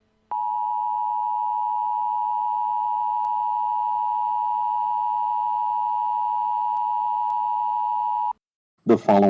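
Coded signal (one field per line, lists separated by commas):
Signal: Emergency Alert System (SAME) tones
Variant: 853 and 960 Hz attention tone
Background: speech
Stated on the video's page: Fictional EAS scenario.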